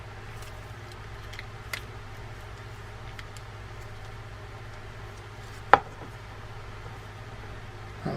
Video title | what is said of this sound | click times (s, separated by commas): Daiwa Lexa 300WN Baitcasting Reel Maintenance - Step-by-Step Tear Down & Service Guide | Now, that should snap right in. So, there's might be something that's | none